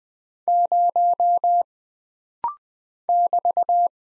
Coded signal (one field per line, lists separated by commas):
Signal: Morse code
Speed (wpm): 20 wpm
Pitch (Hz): 700 Hz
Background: none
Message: 0 <BT>